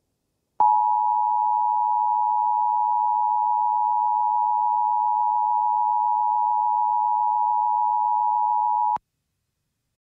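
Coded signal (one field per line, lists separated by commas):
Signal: Emergency Alert System (SAME) tones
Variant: 853 and 960 Hz attention tone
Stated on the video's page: Mock alert about a meteorite impact.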